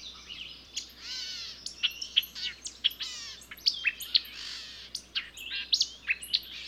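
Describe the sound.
Birds singing a lively mix of sweeping whistles, short sharp chirps and trills, several notes repeating in quick succession.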